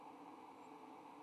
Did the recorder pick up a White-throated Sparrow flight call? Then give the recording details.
no. Another species' flight call is heard. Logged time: 03:35 on 15 November 2014